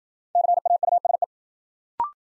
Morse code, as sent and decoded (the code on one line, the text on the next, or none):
-.-. .- ..- ... .
CAUSE